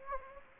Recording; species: mosquito wingbeat signal from an infrared sensor; Anopheles gambiae